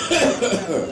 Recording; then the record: coughing mixed with background sound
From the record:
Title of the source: Residual Phlegmy Morning Coughing and Gagging